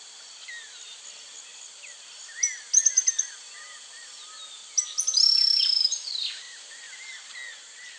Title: LuckyPassaro Completos2Sama. Cattle Tyrant (Machetornis rixosa rixosa)